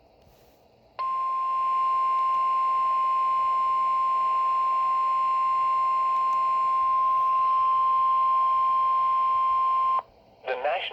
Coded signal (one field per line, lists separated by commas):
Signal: Emergency Alert System (SAME) tones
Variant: 1050 Hz attention tone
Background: speech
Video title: Severe Thunderstorm Warning (EAS #12)